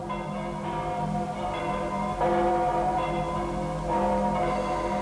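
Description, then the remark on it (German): Church bells ring in the new year in a dense, overlapping peal, with new strikes swelling in around the two- and four-second marks over a sustained, resonant hum of ringing tones. “Und jetzt läuten die Glocken das neue Jahr ein.”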